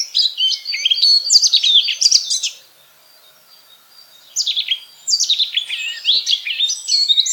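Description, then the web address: Eurasian blackcap song in two bursts: a varied chattering warble, a pause of about two seconds, then another lively phrase of mixed sweet and scratchy notes. "SETE data Sylvia atricapilla"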